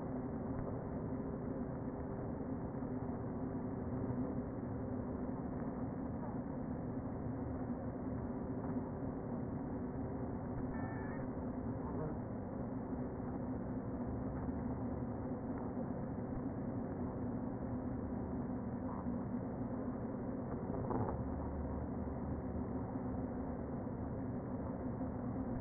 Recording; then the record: honeybee colony, microphone inside the hive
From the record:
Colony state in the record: queen present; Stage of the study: before two queens were removed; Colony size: about 60,000 bees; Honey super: yes